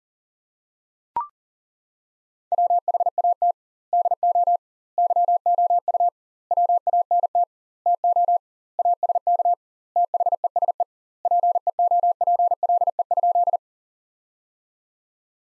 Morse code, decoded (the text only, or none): WHAT DO YOU WANT TO ASK THESE PEOPLE?